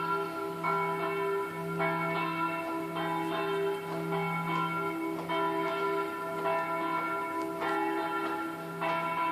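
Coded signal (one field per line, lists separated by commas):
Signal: bell signal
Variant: single bell swing ringing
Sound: one church bell swinging, struck roughly every second with long ringing overtones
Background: low hum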